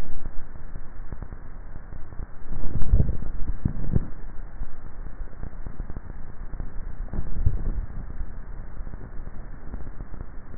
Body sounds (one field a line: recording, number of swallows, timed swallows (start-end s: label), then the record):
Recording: swallowing sounds by neck microphone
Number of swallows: 2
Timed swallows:
2.85-3.65 s: swallow
7.32-7.92 s: swallow
From the record:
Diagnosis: dysphagia